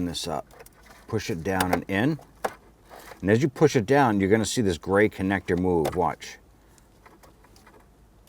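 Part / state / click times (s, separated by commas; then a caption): wiring connector into heater and AC control module / not seated / none. A wiring connector is lined up and pushed down and in onto the heater and AC control module of a 2005-2021 Nissan Frontier while someone talks. A sharp tap is heard at about 2.5 s, and a few faint ticks follow after the talking stops, between 6.8 and 7.7 s. The connector has not seated or clicked into place yet, and its gray lock has not yet popped up.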